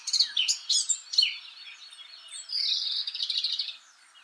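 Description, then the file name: Eurasian blackcap giving sharp high chirps in a quick cluster, followed by a brief scratchy warbled phrase. "Sylvia atricapilla"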